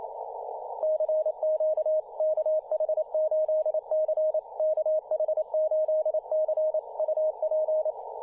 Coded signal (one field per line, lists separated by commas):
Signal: Morse code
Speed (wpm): 27 wpm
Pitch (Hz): 620 Hz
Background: radio noise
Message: CQ KH8C KH8C UP